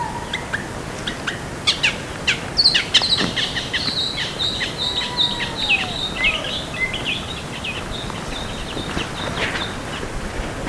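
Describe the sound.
Bird calls, bright high chirps and short whistled notes scattered throughout over steady background noise.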